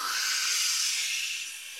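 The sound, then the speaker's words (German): A sound effect of wind in branches, made live during a film shoot: a steady, airy hiss, bright and breathy, holding level for under two seconds before easing off slightly at the end, with no talking. “Das ist das Geräusch des Windes in den Zweigen.”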